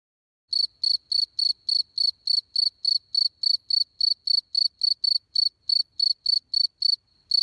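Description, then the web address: Cricket chirping in a steady series of short, high, ringing pulses, roughly three to four per second, after a brief silent start. "grillo"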